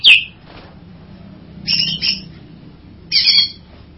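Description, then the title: Bird song of a few short harsh, buzzy phrases separated by pauses, over a low background hum. "burung"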